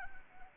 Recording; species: mosquito wingbeat signal from an infrared sensor; Anopheles arabiensis